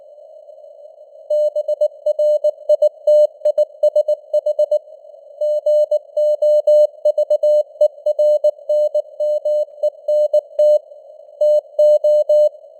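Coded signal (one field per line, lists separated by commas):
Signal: Morse code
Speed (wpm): 19 wpm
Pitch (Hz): 600 Hz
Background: none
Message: BRITISH GOVERNMENT TO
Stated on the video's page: Simulated Morse news headlines at 19 wpm with simulated radio noise and varying signal strength (QSB).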